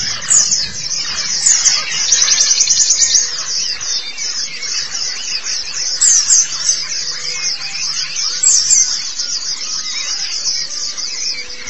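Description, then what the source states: White-eye song: a dense, continuous high twittering of rapid chirps, with brighter, louder bursts at times. Long-duration recording of the chirping song; local Indonesian name pleci.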